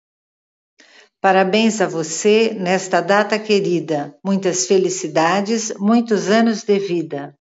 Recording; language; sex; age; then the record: short text; Brazilian Portuguese; female; 60 to 69 years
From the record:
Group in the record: control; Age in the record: 60 years